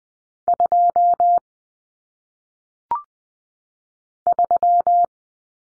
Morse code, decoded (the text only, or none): 2 3